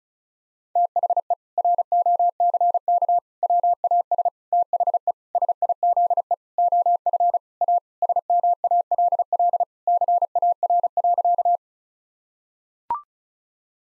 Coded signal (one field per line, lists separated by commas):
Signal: Morse code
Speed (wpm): 36 wpm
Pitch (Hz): 700 Hz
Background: none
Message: THE ROCK WAS THE SIZE OF A SMALL CAR.